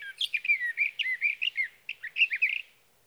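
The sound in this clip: Sage thrasher song, a rapid run of warbled, scratchy notes jumping up and down for about two and a half seconds, then ending.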